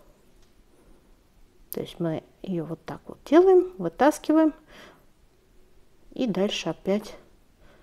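Someone talks while handling the metal chain clasp of a vintage necklace, opening it and pulling the metal chain end out before pushing it back into the clasp. Only speech and faint handling sounds are heard. Nothing has seated or clicked yet.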